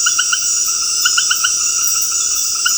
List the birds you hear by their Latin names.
none